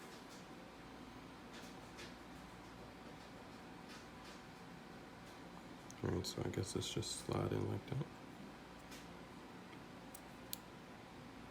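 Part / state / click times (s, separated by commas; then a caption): watch band into smartwatch case band slot / seated / 10.5 s. A watch band is slid into the band slot on an Apple Watch Series 4 (44 mm) case while someone talks. A louder burst of handling noise comes around 6–8 seconds, then a sharp click at 10.5 s as the band seats in the slot.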